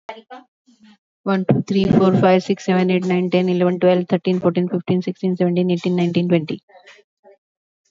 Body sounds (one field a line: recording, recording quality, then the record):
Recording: counting at a fast pace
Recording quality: excellent, no background noise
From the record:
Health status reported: healthy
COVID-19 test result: negative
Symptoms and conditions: none ticked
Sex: female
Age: 49 years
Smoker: not ticked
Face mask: not worn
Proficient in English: yes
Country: India